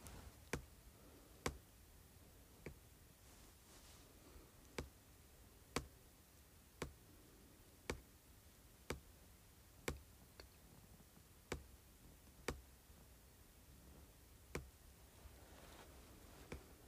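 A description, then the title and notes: Slow, sharp taps on metal land about once a second, each a bright click over a low, quiet hiss with faint rustling. ASMR Tapping Metal Slowly.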